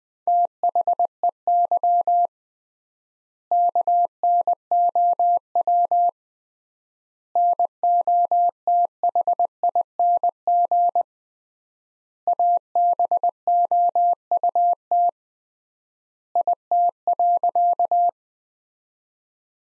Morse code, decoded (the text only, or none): THEY KNOW NOTHING ABOUT IT.